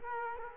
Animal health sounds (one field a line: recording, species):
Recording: mosquito wingbeat signal from an infrared sensor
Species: Culex quinquefasciatus